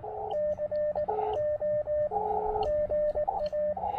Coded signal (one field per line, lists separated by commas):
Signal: Morse code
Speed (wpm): 18 wpm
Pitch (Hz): 590 Hz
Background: radio noise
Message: C O GA